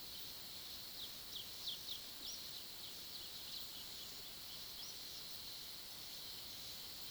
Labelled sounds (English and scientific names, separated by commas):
Black-striped Sparrow (Arremonops conirostris), Yellow-olive Flatbill (Tolmomyias sulphurescens), Roadside Hawk (Rupornis magnirostris)